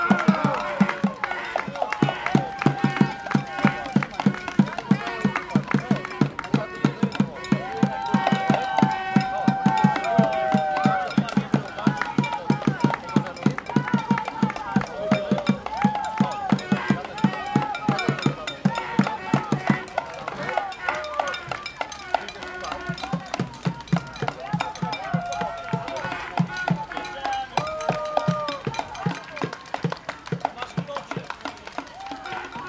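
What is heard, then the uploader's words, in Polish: A group of spectators cheers on marathon runners from the street, with rapid, regular clapping or drumming driving through nearly the whole half-minute. Voices shout and call out over the beat, rising and falling, with a brief lull around twenty seconds before the rhythm resumes. Grabiszyńska róg z ul. Piłsudskiego , Stare Miasto. Profesjonalne dopingowanie biegaczy przez grupę kibiców na ulicy Grabiszyńśkiej. Rekorder, mikrofon: Sony PCM D50. 33. Maraton Wrocławski - dopingowanie zawodników.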